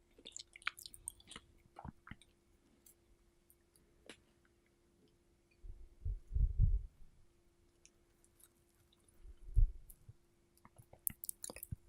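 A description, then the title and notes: Strawberries being eaten, with wet, squishy chewing and scattered sharp clicks and smacks through the first few seconds. Two longer bursts of low, rough sound, likely breathing, rise around six to seven seconds and again near ten. A faint steady hum runs underneath throughout. ASMR Strawberry Eating Sounds (and breathing sounds).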